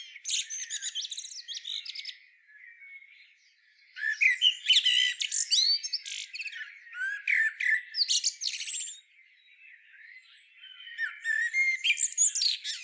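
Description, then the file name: Common blackbird, shrill squawking and twittering notes in bursts of several seconds with brief quiet gaps between them. "Turdus merula"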